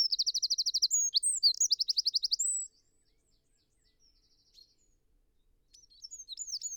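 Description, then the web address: Eurasian wren singing rapid high trills and sharp chirps for under three seconds, a short quiet spell, then another twittering phrase starting. "SETE Troglodytes troglodytes"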